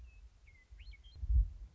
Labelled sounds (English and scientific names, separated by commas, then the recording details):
Western Meadowlark (Sturnella neglecta)
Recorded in Sonoma County, California